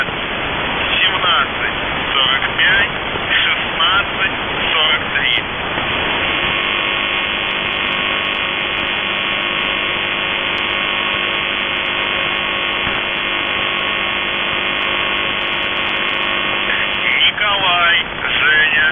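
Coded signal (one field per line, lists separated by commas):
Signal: numbers station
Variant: UVB-76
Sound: spoken voice, then a long steady low buzz, then voice resumes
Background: radio static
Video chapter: 02:43 - НЖТИ 50166 НЕВЕРНЫЙ 1745 1643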